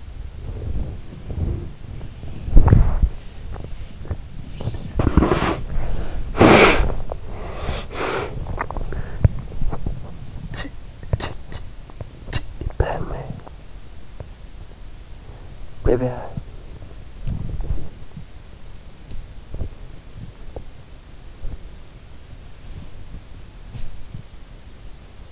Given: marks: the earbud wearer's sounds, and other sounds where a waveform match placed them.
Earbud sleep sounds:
sounds in sleep by an in-ear microphone; body movement
0.00-25.32 s: body movement

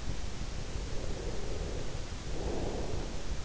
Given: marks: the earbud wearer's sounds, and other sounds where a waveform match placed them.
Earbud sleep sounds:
sounds in sleep by an in-ear microphone; breath
0.87-3.28 s: breath

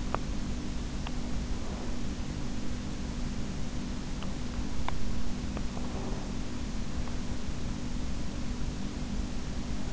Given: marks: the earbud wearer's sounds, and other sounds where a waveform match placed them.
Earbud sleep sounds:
sounds in sleep by an in-ear microphone; teeth grinding
0.00-0.53 s: teeth grinding
4.68-5.31 s: teeth grinding

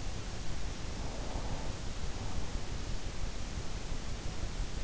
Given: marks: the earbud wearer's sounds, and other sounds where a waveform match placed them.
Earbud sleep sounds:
sounds in sleep by an in-ear microphone; breath
0.14-3.16 s: breath

